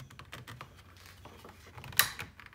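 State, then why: Seated. A drum is set onto its bottom piece, the locks are engaged and it is snapped into place, with a few light taps and knocks as it is handled. A sharp, bright click sounds at 2.0 s as the drum seats, followed by a softer knock. The drum is seated with a good tight fit.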